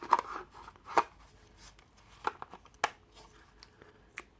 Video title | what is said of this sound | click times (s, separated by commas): DJI Spark - Fly More Bundle Detailed unboxing! | They click in, you'll hear a nice click there, and then you plug the | 2.8 s